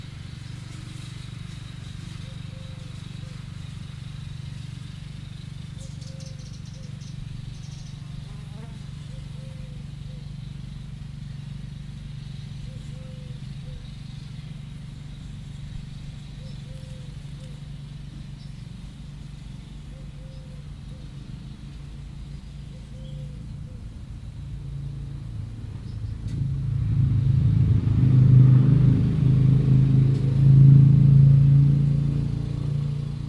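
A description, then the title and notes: A hummingbird hawk-moth's low droning hum runs steadily, swelling into a louder, deeper buzz near the end, with faint regular chirps earlier. I found these things in a lavender bush whilst on holiday in Cornwall. The hummingbird-hawk-moth was very shy.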